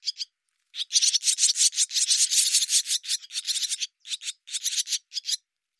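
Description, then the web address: Bird giving harsh, rasping notes in a fast burst-like chatter, briefly pausing near the start and breaking into separate bursts toward the end; background silent. "cianscape birddata Deverinetal 2025"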